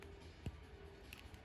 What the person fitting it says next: and it pops right in